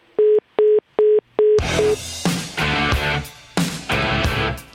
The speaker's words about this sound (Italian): poi ci ha buttato giù il telefono come al solito